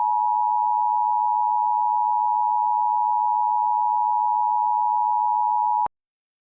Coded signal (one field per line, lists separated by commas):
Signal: Emergency Alert System (SAME) tones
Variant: 853 and 960 Hz attention tone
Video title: EAS Scenario: evil Phoebe and the evil crew